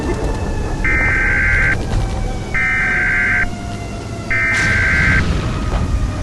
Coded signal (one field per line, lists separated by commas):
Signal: Emergency Alert System (SAME) tones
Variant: header bursts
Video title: EAS Scenario 1: The Washington Rebellion